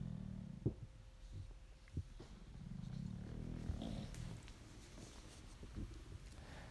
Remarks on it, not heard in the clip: It must have been 11:30, 12 o'clock. Your dog snoring. Came all the way upstairs and slept in on my floor.